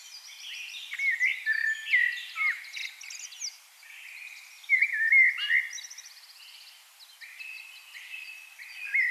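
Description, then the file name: Common blackbird singing: repeated whistled phrases with downward slurs, each closing in fast, high, chattering notes, continuing throughout. "Turdus merula"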